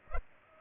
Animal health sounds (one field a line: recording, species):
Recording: mosquito wingbeat signal from an infrared sensor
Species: Culex pipiens